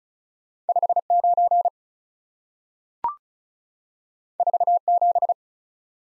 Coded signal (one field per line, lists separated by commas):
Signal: Morse code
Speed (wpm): 36 wpm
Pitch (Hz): 700 Hz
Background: none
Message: 5 9 4 7